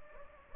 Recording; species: mosquito wingbeat signal from an infrared sensor; Anopheles gambiae